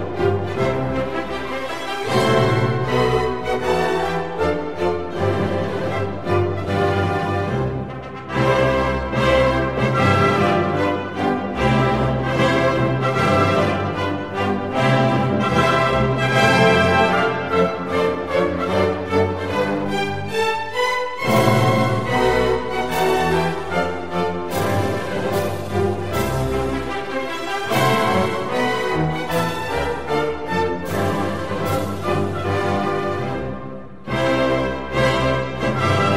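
Warm instrumental music plays without a break, full and steady in level, with a firm low bass line under clear, ringing melodic notes. Short dips around 8, 21 and 34 seconds mark brief pauses between phrases before the music resumes.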